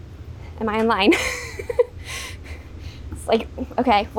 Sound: laughs